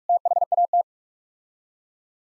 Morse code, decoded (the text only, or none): THAT